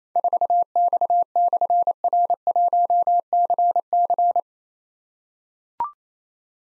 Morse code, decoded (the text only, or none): 4X/R1CC